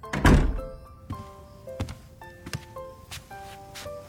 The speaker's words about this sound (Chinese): 许岩冲完澡出来，听见有人敲门，是陆森。